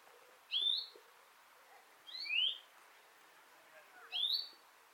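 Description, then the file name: European greenfinch repeating a clear upslurred whistle three times over a quiet background. "Chloris chloris"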